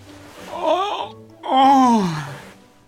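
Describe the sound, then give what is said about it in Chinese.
An exaggerated, theatrical yawn from a human voice, made on purpose by someone in a hospital ward who had been pretending to sleep: a short moaning rise, a brief pause, then a longer, louder drawn-out groan sliding downward in pitch. “任意只好睁开眼睛，还故意打了一个大大的哈欠。”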